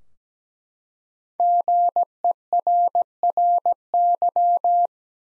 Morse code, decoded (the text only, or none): GERRY